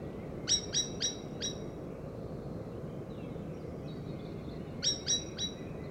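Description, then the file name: Common blackbird giving hard, metallic chink calls, a run of four quick notes, a pause, then three more over a steady low hiss. "Turdus merula"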